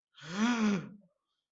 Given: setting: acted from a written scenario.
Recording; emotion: vocal sound without words; awe